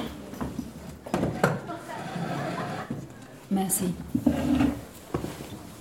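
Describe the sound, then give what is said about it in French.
A wooden chair scrapes and knocks as it is dragged across the floor in a few short bumps, pulled closer for a woman to sit on, then a brief spoken word and a chuckle follow. “Sylvain, tu veux bien approcher une chaise pour madame ?”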